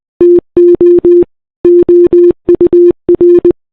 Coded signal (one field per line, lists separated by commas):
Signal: Morse code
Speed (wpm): 20 wpm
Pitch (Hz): 350 Hz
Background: none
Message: TO OUR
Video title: RMS Titanic Morse Code Chat Logs (With VS7 Ships)